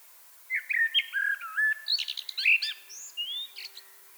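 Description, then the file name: Common blackbird giving a continuous phrase of smooth whistled notes that breaks into a fast, scratchy series of high chirps and squeaks. "Turdus merula"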